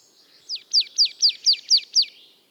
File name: Poecile palustris